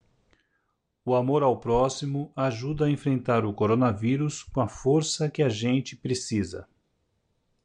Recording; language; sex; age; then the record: spoken sentence; Brazilian Portuguese; male; 50 to 59 years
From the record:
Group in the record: control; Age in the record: 54 years